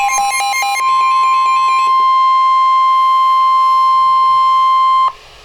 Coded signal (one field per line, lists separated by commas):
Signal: Emergency Alert System (SAME) tones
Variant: 1050 Hz attention tone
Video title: EAS #43 Special Marine Warning 5/11/14